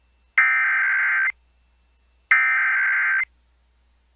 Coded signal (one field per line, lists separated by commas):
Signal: Emergency Alert System (SAME) tones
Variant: header bursts